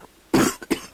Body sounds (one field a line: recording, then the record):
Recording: coughing mixed with background sound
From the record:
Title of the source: 30 Chesty and wet cough